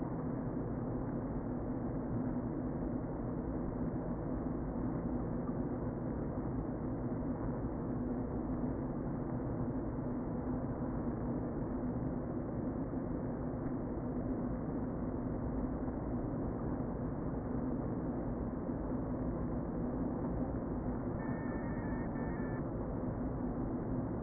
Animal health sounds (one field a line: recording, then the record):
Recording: honeybee colony, microphone inside the hive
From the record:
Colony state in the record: queen present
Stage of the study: before two queens were removed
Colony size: about 60,000 bees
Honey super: yes